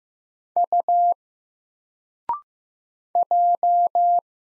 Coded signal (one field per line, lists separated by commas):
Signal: Morse code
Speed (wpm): 15 wpm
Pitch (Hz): 700 Hz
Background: none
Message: U J